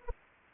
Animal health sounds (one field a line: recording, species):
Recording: mosquito wingbeat signal from an infrared sensor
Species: Anopheles arabiensis